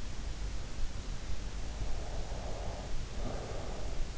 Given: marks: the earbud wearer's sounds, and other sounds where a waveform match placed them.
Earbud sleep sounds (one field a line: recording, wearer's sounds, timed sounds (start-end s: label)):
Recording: sounds in sleep by an in-ear microphone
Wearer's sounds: breath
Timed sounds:
1.97-4.02 s: breath